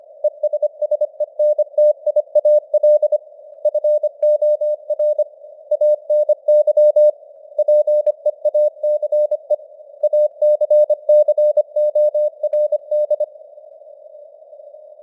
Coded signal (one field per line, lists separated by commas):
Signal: Morse code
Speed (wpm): 25 wpm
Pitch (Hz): 600 Hz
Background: none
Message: ESSENTIAL FOR ANY PEACE ACCORD